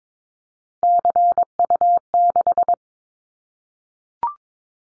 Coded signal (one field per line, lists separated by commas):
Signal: Morse code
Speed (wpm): 22 wpm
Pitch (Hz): 700 Hz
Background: none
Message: CU6